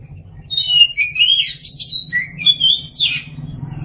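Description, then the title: Oriental magpie-robin singing a rich, varied run of clear whistled notes, rising and falling in quick succession, with a low steady hum underneath. Kacer (Oriental magpie-robin) song. "Suara Kicauan Burung Kacer"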